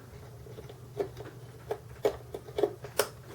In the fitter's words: that's one this is one that clicks should lock into place all